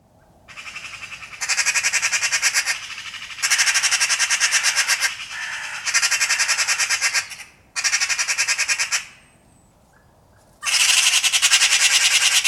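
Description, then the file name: Eurasian magpie giving long harsh rattling chatters, several bursts of fast grating pulses each lasting one to two seconds, separated by brief pauses and one longer gap. "Pica pica"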